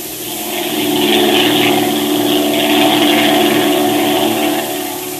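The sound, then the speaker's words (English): A propeller airplane engine drones steadily, a loud, even hum with layered harmonic tones that swells slightly and holds, then eases near the end. No voices. “I'm ready to go to the plane now.”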